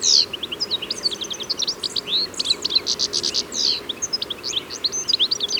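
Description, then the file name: European goldfinch delivering a dense, unbroken stream of high, jangling twitters and buzzy trills with quick slurred chirps. "Carduelis carduelis"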